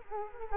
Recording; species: mosquito wingbeat signal from an infrared sensor; Culex quinquefasciatus